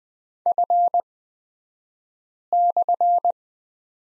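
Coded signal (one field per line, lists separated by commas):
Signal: Morse code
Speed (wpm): 20 wpm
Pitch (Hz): 700 Hz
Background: none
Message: F/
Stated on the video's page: Morse code course lesson on the letter Q at Farnsworth speed of 20/10 wpm.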